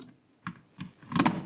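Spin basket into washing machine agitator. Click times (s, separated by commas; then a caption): 1.2 s. A plastic spin basket is set into the agitator of a small portable twin-tub washing machine and pushed down. A few light knocks and scrapes sound as it goes in, and it locks into place with a firm click at 1.2 s.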